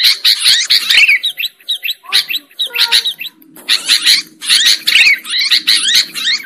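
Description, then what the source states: Sooty-headed bulbul song in quick bubbly phrases, broken by short gaps and a few lower whistled notes midway, then rapid chattering resumes. Bird lure recording.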